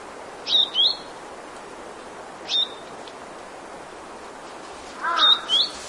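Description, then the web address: Bird calling in short high chirps: a double note early, a single one midway, then a quick pair near the end, all against constant background hiss. "brown vermilion bird call"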